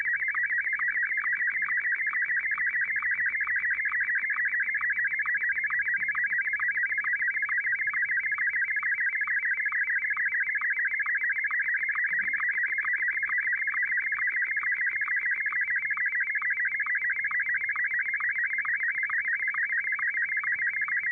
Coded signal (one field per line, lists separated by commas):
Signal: SSTV (slow-scan television)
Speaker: So, I think you can already tell what's going to happen when I start it.